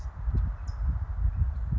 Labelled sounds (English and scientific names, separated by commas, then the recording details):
California Towhee (Melozone crissalis)
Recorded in Sonoma County, California